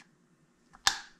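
A spark plug cap, a rubber boot with a metal terminal, is pushed down onto the spark plug in the cylinder head of a Moto Guzzi Griso 1200SE motorcycle. A faint tap comes just before a sharp, bright click at 0.9 s that fades quickly. The cap snaps on with a firm click rather than a mushy feel and is seated.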